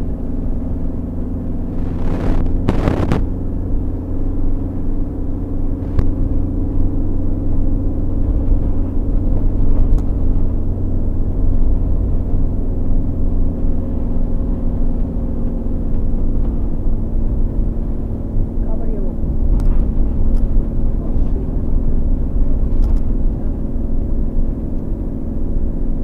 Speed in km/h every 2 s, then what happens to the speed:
46, 48, 48, 48, 48, 48, 46, 46, 44, 44, 44, 44, 44.
0-26 steady at about 46.